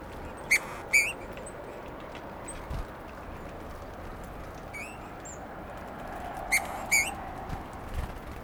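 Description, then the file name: Eurasian bullfinch giving short, soft piping whistles in pairs near the start and again around the seventh second, with a few fainter notes between over a steady background hiss. "Pyrrhula pyrrhula"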